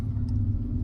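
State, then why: Not seated. A wiring harness plug is being pushed back onto an installed component on a van. A steady low rumble like a vehicle fills the clip, with a faint brief high-pitched tick near 0.3 s. Nothing has seated or clicked yet.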